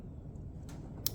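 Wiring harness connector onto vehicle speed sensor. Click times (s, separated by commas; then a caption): 1.1 s. A wiring harness connector, dabbed with dielectric grease, is pushed back onto the new vehicle speed sensor of a 2008-2012 Chevy Malibu against a low background hum. A softer broadband rustle comes at 0.7 s, then one sharp, short click at 1.1 s as the connector seats.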